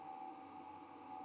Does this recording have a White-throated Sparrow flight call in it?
no